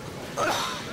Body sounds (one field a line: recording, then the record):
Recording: coughing mixed with background sound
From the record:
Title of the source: Heavy cold and sore throat coughing.